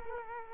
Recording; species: mosquito wingbeat signal from an infrared sensor; Culex quinquefasciatus